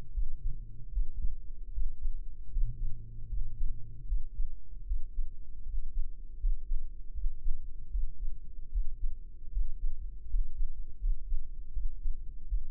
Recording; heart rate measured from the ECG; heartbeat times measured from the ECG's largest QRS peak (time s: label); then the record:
heart sounds by microphone in the right ear; 78 bpm
0.11 s: heartbeat
0.90 s: heartbeat
1.71 s: heartbeat
2.49 s: heartbeat
3.27 s: heartbeat
4.05 s: heartbeat
4.84 s: heartbeat
5.63 s: heartbeat
6.37 s: heartbeat
7.12 s: heartbeat
7.88 s: heartbeat
8.69 s: heartbeat
9.50 s: heartbeat
10.26 s: heartbeat
10.98 s: heartbeat
11.71 s: heartbeat
12.46 s: heartbeat
From the record:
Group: healthy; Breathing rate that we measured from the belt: 14 breaths a minute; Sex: male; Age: 21 years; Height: 180 cm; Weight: 67.5 kg